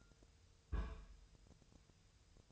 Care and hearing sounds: daily activity, microphone in the room; place on stove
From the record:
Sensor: 2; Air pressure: 999.2 hPa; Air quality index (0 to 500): 195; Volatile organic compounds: 26 ppm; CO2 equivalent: 2876 ppm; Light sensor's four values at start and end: 6/15/6/6 and 6/15/6/6

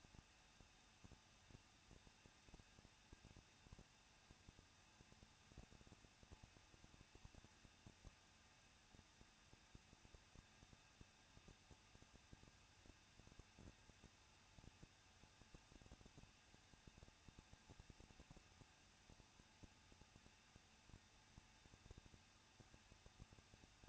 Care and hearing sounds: daily activity, microphone in the room; no activity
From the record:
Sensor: 2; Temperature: 21.0 degrees Celsius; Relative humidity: 37.3%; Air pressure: 1006.3 hPa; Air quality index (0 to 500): 221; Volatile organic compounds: 23 ppm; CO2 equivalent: 2792 ppm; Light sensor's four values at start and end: 2/3/2/2 and 2/3/2/2

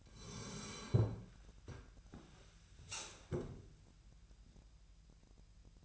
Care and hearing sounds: daily activity, microphone in the room; sit down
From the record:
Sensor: 2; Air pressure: 1001.8 hPa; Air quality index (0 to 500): 238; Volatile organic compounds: 70 ppm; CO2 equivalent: 3522 ppm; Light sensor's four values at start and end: 7/16/6/7 and 8/19/8/8

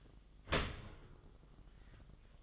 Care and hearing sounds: daily activity, microphone in the room; open dishwasher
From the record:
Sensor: 4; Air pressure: 1005.6 hPa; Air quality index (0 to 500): 113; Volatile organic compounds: 3 ppm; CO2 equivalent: 1404 ppm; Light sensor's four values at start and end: 11/25/10/10 and 11/26/10/10

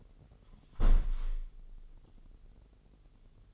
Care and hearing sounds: daily activity, microphone in the room; close window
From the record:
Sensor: 4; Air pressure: 996.5 hPa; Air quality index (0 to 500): 84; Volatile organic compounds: 4 ppm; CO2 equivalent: 1612 ppm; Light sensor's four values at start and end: 21/55/22/23 and 20/53/21/22

